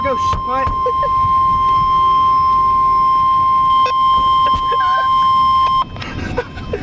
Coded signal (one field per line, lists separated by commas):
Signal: Emergency Alert System (SAME) tones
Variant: 1050 Hz attention tone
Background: speech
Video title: Severe Thunderstorm Watch (EAS #774)